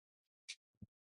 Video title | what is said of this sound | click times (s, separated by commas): Rome Knows Tech Prime Day liveStream Oct 7th | It just locks in place like that. | 0.5 s